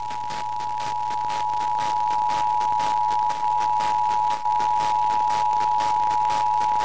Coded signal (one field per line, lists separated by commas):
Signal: Emergency Alert System (SAME) tones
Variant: 853 and 960 Hz attention tone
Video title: Albany, NY Required Monthly Test (9/6/22)